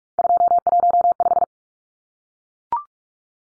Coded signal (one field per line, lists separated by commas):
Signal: Morse code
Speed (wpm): 44 wpm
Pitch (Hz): 700 Hz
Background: none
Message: 215